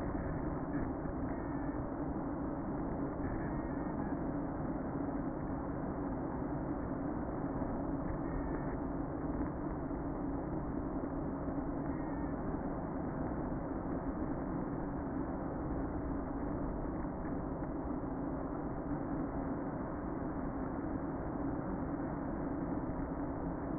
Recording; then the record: honeybee colony, microphone inside the hive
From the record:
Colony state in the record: queen present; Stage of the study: before two queens were removed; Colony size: about 60,000 bees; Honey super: yes